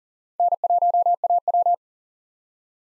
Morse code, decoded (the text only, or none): N1AW